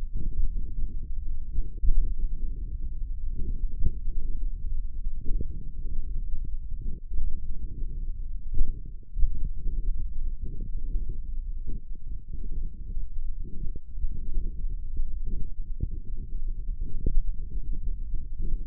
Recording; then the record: forearm muscle sounds (acoustic myography)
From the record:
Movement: thumb flexion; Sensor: system 1, eight BSWA MPA416 microphones around the upper forearm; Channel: 5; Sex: male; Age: 18 years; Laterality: right